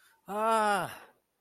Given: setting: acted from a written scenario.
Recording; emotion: vocal sound without words; fear